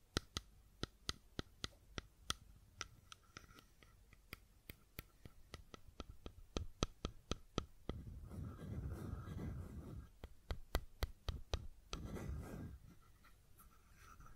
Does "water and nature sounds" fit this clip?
no